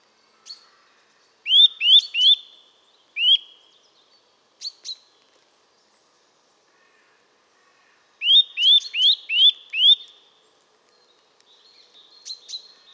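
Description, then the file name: Eurasian nuthatch sounding bright rising whistles in bursts, a run of three, single notes, then a rapid series of five after a silent pause. "Sitta europaea"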